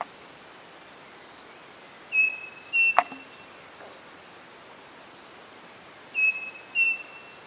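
Bird calls: two pairs of brief high whistled notes, with a single sharp click between them, over steady background hiss.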